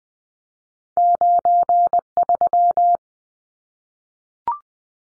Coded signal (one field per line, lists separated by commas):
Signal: Morse code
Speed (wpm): 20 wpm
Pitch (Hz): 700 Hz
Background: none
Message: 93